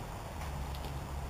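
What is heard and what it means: A plastic clip sewn to the body of a Marmot Limelight 3P backpacking tent is handled against an aluminium tent pole while the tent is being pitched. Only low, steady rumbling background noise and faint soft handling sounds are heard, with no talk. Nothing has snapped on or clicked yet.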